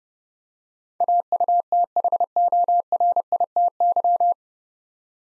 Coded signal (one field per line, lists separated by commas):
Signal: Morse code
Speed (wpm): 30 wpm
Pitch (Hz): 700 Hz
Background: none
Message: AUTHORITY